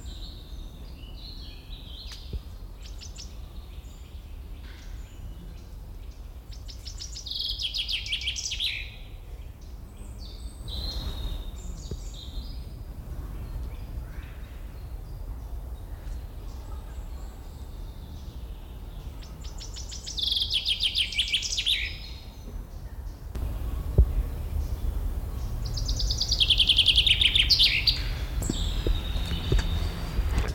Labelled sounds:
Common Chaffinch

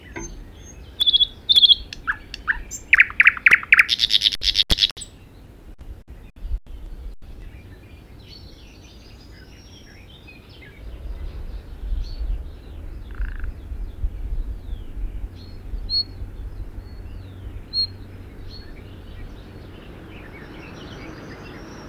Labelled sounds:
Thrush Nightingale

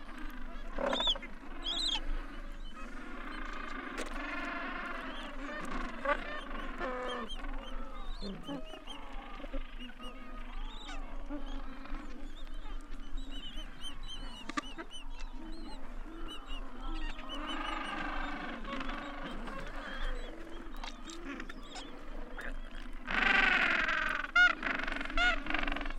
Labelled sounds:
Gentoo Penguin call

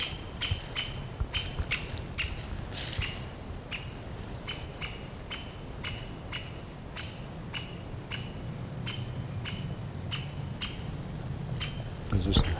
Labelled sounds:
Great Spotted Woodpecker call

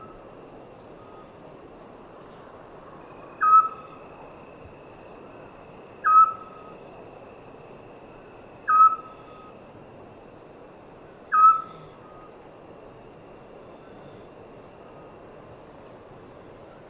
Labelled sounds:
Eurasian Scops Owl

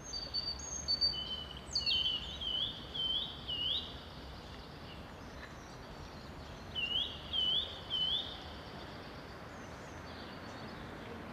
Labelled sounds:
European Robin song

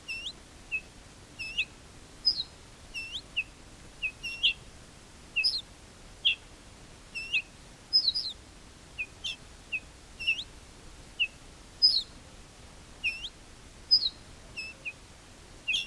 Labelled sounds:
Ortolan Bunting alarm call

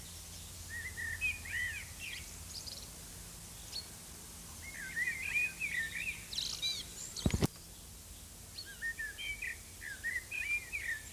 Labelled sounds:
Common Blackbird song

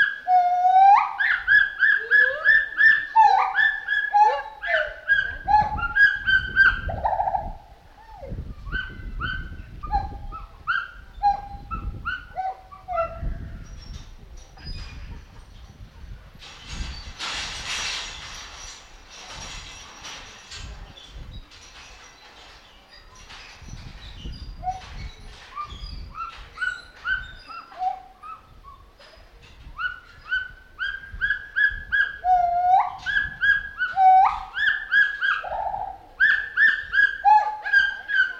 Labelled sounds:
Pileated Gibbon

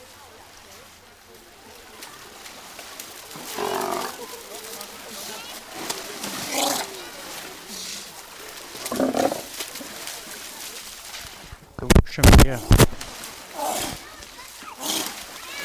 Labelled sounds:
South American Sea Lion call

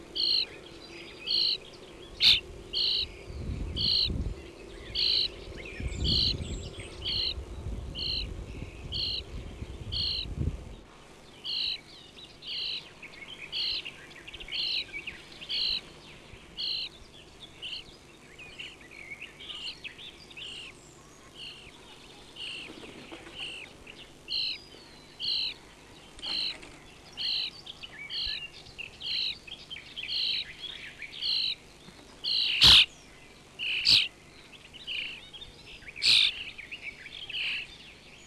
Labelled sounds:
European Starling

